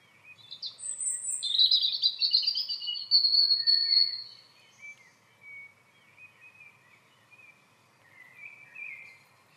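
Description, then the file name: European robin song: a high, thin warbling phrase with a sustained sweet trill, then quieter scattered notes and soft twitters. "Erithacus rubecula"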